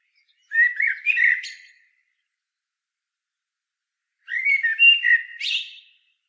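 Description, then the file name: Common blackbird, two clear warbled song phrases of low mellow whistles with a slight high squeak at the end, separated by a long silence. "Turdus merula"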